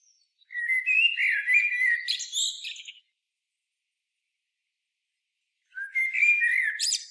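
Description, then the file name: Common blackbird singing two phrases about five seconds apart, rich fluted warbling with thin, high scratchy twitters, with silence between. "Turdus merula"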